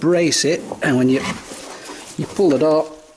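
A plastic trim clip in a car door panel is handled while the part is braced with a small screwdriver during work on the door panel. Someone talks throughout, and nothing has seated or clicked yet.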